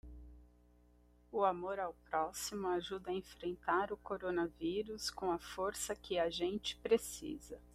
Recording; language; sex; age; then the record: spoken sentence; Brazilian Portuguese; female; 40 to 49 years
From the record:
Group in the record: control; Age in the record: 41 years